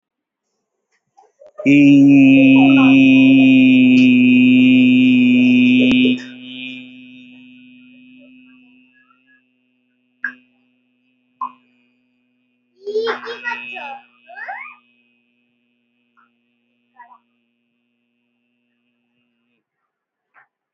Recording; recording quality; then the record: sustained vowel as in beet; excellent, no background noise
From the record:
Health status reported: healthy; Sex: male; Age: 26 years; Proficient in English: yes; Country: India